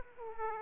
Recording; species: mosquito wingbeat signal from an infrared sensor; Aedes aegypti